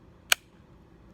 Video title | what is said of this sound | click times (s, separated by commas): Juggernaut Case iPhone X to 13pro | Goes right over that groove right there. Let's listen for a nice click. | 0.3 s